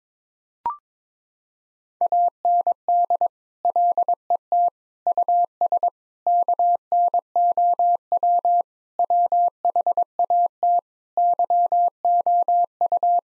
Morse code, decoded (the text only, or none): AND LET US KNOW WHAT YOU